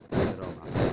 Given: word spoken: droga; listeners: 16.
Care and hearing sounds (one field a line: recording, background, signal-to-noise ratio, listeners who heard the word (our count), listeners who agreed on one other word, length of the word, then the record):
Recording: one Spanish word in noise, from a listening test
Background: noise modulated by one talker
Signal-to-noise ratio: -11.0 dB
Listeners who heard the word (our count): 4 of 16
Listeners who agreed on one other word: 9 of 16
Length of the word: 0.53 s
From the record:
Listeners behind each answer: 9, 4, 1, 1, 1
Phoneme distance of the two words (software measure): 20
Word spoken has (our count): 2 syllables, 5 phonemes, stress on syllable 1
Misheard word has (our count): 2 syllables, 5 phonemes, stress on syllable 1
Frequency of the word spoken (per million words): 34.89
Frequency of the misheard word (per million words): 17.12